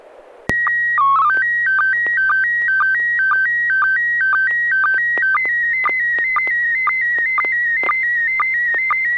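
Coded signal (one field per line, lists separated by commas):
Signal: SSTV (slow-scan television)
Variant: PD 120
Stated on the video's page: SSTV images exchanged on a weekly amateur net via an FM repeater on 441.300 MHz in Sacramento, California.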